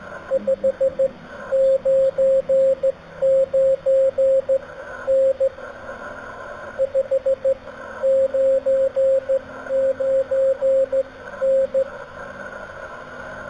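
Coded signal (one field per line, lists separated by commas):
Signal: Morse code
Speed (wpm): 15 wpm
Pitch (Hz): 540 Hz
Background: radio noise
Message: 599 N 599 N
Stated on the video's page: Slow-speed QRS contact with a station 482 km away.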